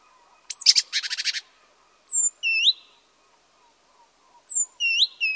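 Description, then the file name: Great tit gives a quick churring rattle, then two sets of high thin notes that fall into lower buzzy notes. "Parus major"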